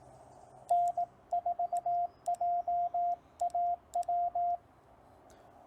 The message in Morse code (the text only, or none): N4JAW